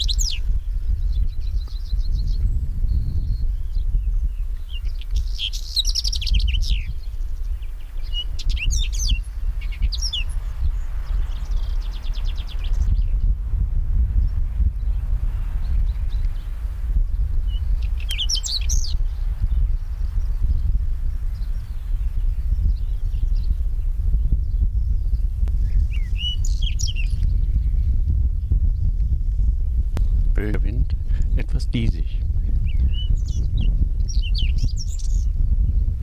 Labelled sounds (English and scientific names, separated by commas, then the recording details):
Whinchat (Saxicola rubetra) song
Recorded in the wild
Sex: male
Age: adult
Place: Bötzow - Krämer, Brandenburg, DE
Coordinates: 52.6736, 13.0725
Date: 1997-05-18 14:17
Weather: sunny, 27°C, partly gusty winds
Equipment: Sony MD-WM MZ-R3, Sennheiser MKH 416 T, Kopie Uher 4000 Report Monitor
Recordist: Tembrock, Günter
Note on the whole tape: Braunkehlchen (?): Gesang (mit Imitationen, z.B. Buchfink) längere Strecke, Tier nicht gesehen